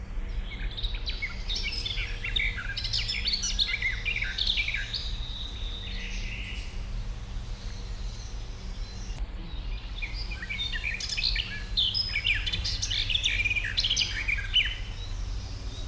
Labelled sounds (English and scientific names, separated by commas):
Garden Warbler (Sylvia borin)